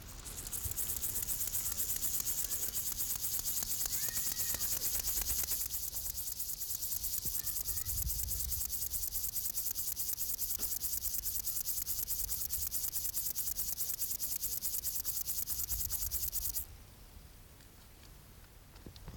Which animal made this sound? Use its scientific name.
Chorthippus apricarius